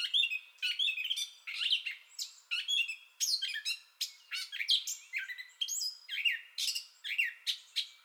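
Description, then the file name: Gray catbird song: a rapid run of scratchy, squeaky and slurred notes, each phrase different, following one another in quick succession. Entire song bout recorded 30 May 2021. "2021-05-30 Gray Catbird Entire Song Bout"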